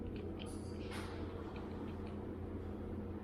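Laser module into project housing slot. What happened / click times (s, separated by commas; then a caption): The module is only being lined up; no seating click yet / none. A laser module is lined up against its plastic housing slot with its bump facing outward, ready to be pushed in. Against a steady low hum, there are brief light handling rustles around 0.4 s and 1.0 s. Nothing has clicked or seated yet.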